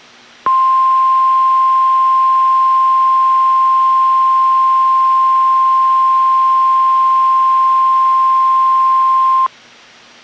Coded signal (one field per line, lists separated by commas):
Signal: Emergency Alert System (SAME) tones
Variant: 1050 Hz attention tone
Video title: NOAA Weather Radio - Weekly EAS Test - 7/19/17